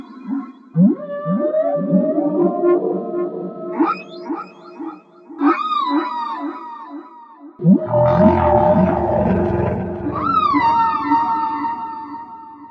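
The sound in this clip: Whale song: two loud phrases of swooping upsweeps and downslurred cries over pulsed grunts and long held tones, with a quieter gap between them.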